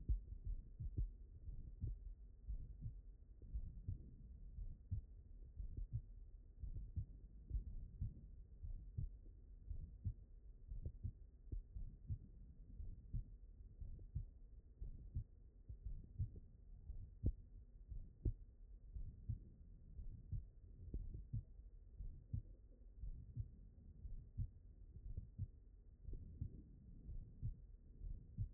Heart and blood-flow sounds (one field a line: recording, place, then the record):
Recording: heart sounds by stethoscope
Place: aortic valve (AV)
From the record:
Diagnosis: HFrEF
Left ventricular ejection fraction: 28%